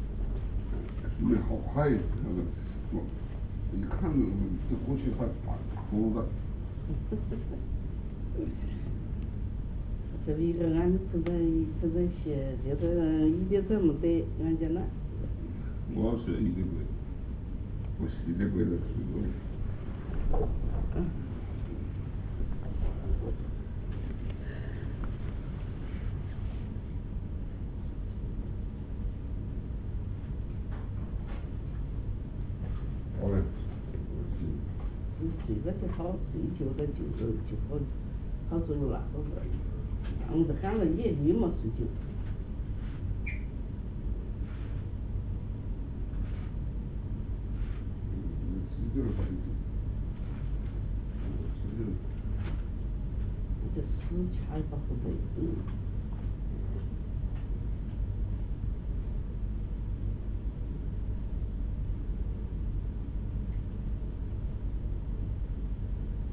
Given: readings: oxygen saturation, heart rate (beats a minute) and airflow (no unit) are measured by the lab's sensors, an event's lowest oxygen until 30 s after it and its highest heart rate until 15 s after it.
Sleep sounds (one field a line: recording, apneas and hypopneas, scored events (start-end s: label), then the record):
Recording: a person awake in a sleep study, by a smartphone at the bedside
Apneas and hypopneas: none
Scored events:
0.00-66.33 s: awake
From the record:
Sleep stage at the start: awake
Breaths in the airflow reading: 24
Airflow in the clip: -0.8 to 0.8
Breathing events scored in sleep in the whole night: 449 in 7.0 hours asleep